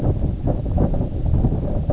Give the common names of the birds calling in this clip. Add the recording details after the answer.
none. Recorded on Arctic tundra, site IGLO-A, on 19 June 2018. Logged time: 03:59